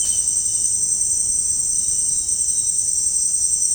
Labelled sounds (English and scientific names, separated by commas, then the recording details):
none
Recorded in dense forest near Puerto Asís, Putumayo, Colombia, on 29 June 2025 at 18:00
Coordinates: 0.481, -76.323
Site G072